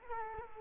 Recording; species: mosquito wingbeat signal from an infrared sensor; Culex quinquefasciatus